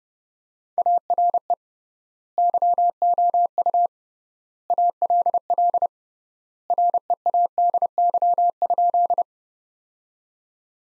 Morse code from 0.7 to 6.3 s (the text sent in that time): ARE YOU ALL